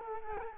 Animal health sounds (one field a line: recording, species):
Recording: mosquito wingbeat signal from an infrared sensor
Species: Culex quinquefasciatus